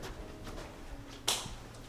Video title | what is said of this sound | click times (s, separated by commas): Shadow Figure CAUGHT at Malvern Manor - The Paranormal Files | You can you can hear it click. | 1.3 s